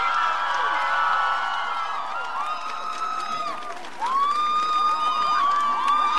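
A large crowd at the Męskie Granie concert in Żywiec applauds and cheers the band's drummer without letup, steady and loud, with shrill whoops and high-pitched screams rising over the clapping throughout.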